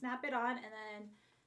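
Someone talks while handling the magnetic charging connector of a cordless hair straightener, a Dyson Corrale in Vinca Blue, after plugging in the charger. The connector has not yet snapped on and nothing has seated or clicked in this clip.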